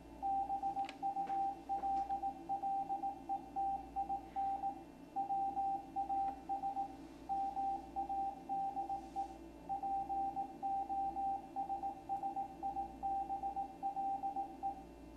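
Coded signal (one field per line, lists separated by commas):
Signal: Morse code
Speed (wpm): 18 wpm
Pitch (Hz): 790 Hz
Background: radio noise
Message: BULLETIN WAS MADE POSSIBLE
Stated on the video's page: Ham radio signals received with a Commodore 128 in C64 mode through a Kantronics interface.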